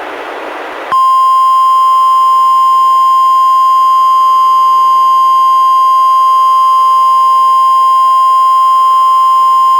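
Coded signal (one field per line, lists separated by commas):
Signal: Emergency Alert System (SAME) tones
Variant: 1050 Hz attention tone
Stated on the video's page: NWR required weekly test issued by NWS, relayed by an NWR station, received on a Reecom R-1630 weather radio, audio recorded directly via USB.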